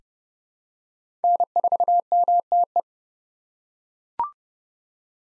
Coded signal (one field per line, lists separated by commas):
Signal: Morse code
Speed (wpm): 30 wpm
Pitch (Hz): 700 Hz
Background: none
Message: N4MTE